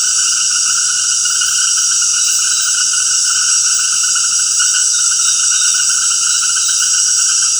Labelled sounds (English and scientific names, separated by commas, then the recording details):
none
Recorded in dense forest near Puerto Asís, Putumayo, Colombia, on 20 February 2024 at 19:00
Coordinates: 0.472, -76.329
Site G6394